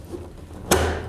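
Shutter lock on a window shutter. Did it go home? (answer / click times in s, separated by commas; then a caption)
yes / 0.7 s. The original lock on a restored period window shutter is closed, giving a single sharp click at 0.7 s that settles into a short, fading ring over a quiet background. The lock clicks shut and is seated.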